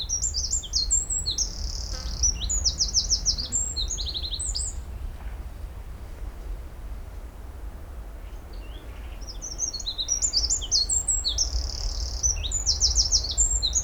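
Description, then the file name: Eurasian wren delivering two long, energetic bouts of very high, rapid warbling notes and rattling trills, each several seconds long, with a gap of about four seconds between. "Troglodytes troglodytes"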